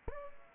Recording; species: mosquito wingbeat signal from an infrared sensor; Aedes aegypti